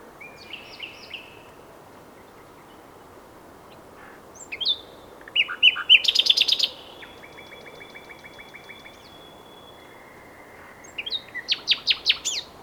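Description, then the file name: Common nightingale song: a short phrase, a long silence, then a loud rapid trill with a thin sustained whistle, and a final burst of quick repeated notes. "Luscinia megarhynchos"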